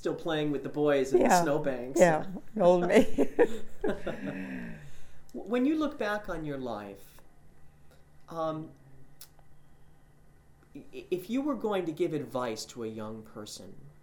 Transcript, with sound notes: Still playing with the boys in the snow banks.
Yeah, yeah. An old maid. (they laugh)
When you look back on your life, if you were going to give advice to a young person